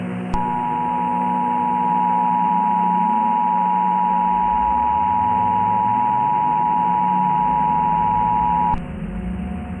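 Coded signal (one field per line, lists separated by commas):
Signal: Emergency Alert System (SAME) tones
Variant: 853 and 960 Hz attention tone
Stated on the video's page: Fictional EAS scenario mock.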